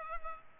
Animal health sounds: mosquito wingbeat signal from an infrared sensor; Culex pipiens

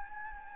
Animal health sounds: mosquito wingbeat signal from an infrared sensor; Anopheles gambiae

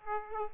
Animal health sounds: mosquito wingbeat signal from an infrared sensor; Aedes aegypti

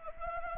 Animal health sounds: mosquito wingbeat signal from an infrared sensor; Anopheles arabiensis

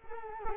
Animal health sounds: mosquito wingbeat signal from an infrared sensor; Culex quinquefasciatus

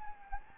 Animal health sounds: mosquito wingbeat signal from an infrared sensor; Anopheles gambiae

